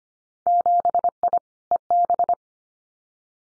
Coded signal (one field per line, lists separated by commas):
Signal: Morse code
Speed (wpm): 25 wpm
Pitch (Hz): 700 Hz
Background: none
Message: 7I EB